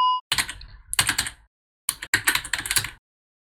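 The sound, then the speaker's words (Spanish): Rapid keyboard typing in two bursts separated by a short pause, a dense clatter of sharp plastic key clicks with no voices. “Dios, ¿quién está tecleando, hackeando el mambo?”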